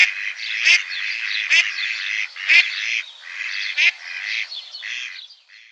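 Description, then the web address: Mallard quacks run together in a busy nasal chatter, punctuated by a few brief sharp whistles, fading out at the close. Mallard display. "Schulze Peter Mallard"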